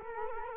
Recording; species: mosquito wingbeat signal from an infrared sensor; Culex quinquefasciatus